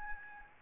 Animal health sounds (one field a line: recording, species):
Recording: mosquito wingbeat signal from an infrared sensor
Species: Aedes albopictus